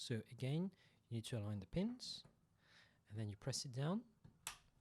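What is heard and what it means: A male XLR plug on a microphone cable is lined up by its pins and pressed down into an input socket on a Rodecaster Pro audio mixer. Someone talks throughout, and a sharp click is heard at 4.5 s as the connector latches and seats.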